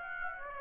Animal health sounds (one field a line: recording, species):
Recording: mosquito wingbeat signal from an infrared sensor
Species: Aedes aegypti